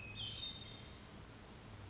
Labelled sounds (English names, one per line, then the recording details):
Hermit Thrush
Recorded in Sonoma County, California